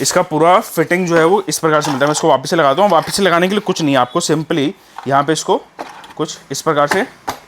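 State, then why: Not seated. A front fitting piece is being refitted onto an AudioStandard V8 line array speaker cabinet by pressing it into place, while someone talks throughout. Faint handling sounds come through between the words. The clip ends before the part goes home, and nothing has seated or clicked yet.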